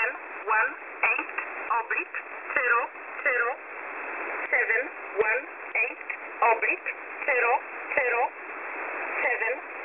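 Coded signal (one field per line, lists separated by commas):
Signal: numbers station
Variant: E11 Oblique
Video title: E11 Oblique 23/08/2023 0845 UTC 12815kHz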